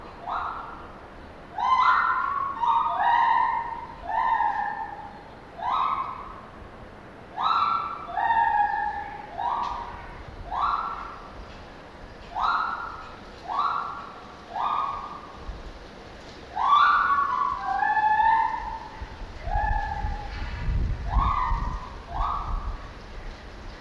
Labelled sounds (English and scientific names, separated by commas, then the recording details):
Lar Gibbon (Hylobates lar)
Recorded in captivity
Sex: pair
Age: adult
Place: Zoo Berlin, Berlin, DE
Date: 1988-11-19
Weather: wolkig bis heiter, 0-3°C
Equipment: Sony WM-D6C, Kopie Uher
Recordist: Tembrock, Günter
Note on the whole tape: Paar: Rufe im Innenraum, von draußen aufgenommen. Er (hellere Stimme), sie (große Rufreihe). Längere Strecke zusammenhängend aufgenommen. Bis 9.25 Uhr